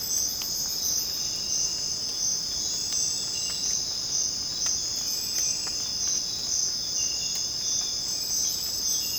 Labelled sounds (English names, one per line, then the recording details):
none
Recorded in dense forest near Puerto Asís, Putumayo, Colombia, on 25 June 2025 at 05:30
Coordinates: 0.486, -76.317
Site G065